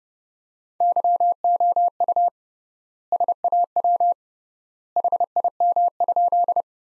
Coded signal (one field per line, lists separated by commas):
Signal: Morse code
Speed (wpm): 30 wpm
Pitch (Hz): 700 Hz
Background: none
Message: YOU SAW HIM?